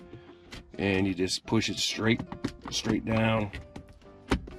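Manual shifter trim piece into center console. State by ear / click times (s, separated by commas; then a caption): seated / 4.3 s. A plastic 6MT manual shift trim piece for a 2015+ Subaru WRX is pushed straight down into the center console surround, with the shift boot kept clear, while someone talks. A sharp click at 4.3 s marks the trim seating into place in the console.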